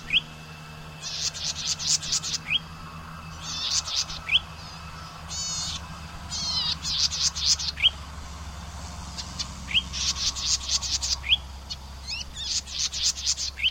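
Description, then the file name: Golden-headed cisticola song: harsh buzzy bursts alternating with thin, sharply rising notes, repeated throughout over a steady low hum. "suara cici merah omkicau"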